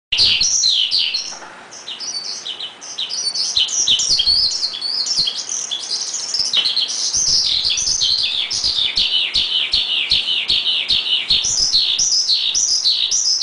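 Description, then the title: Javan bush lark song, a high jumbled twittering that dips in loudness early, then returns as a steady run of quick descending chirps. "Suara Burung Branjangan"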